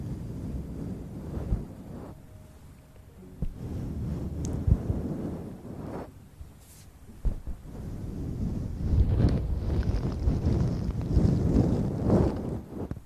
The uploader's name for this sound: Sounds close to the mouth!